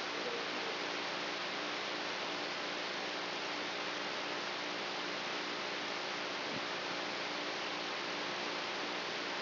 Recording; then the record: brain microelectrode recording played as sound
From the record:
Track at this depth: inside the subthalamic nucleus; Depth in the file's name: 1.805 mm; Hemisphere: right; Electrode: 3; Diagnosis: Parkinson's disease